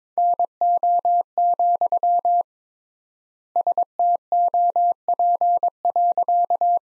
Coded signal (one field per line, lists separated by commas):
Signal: Morse code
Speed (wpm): 22 wpm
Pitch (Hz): 700 Hz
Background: none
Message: NO, STOP.